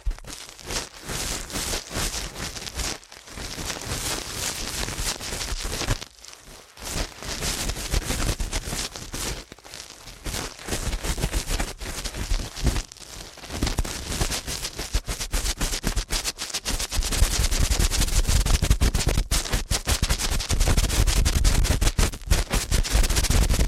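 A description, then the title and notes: Ear cleaning at helicopter speed: a fast, dense run of crackling, scratching clicks fills the whole span with hardly a pause. Brief gaps break it near 3, 6 and 13 seconds, and the rattling grows louder and fuller in the last third. ASMR Ear Cleaning at Helicopter Speed.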